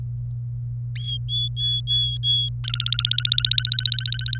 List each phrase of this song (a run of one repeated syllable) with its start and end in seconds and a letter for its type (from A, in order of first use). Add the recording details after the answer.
1.29-2.49 A, 2.64-4.38 B. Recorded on 26 April 2018 at 18:27. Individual llb3